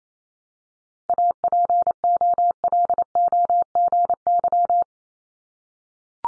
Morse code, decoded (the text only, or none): APOLOGY